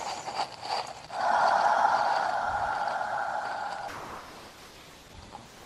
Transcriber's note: exhales; inhales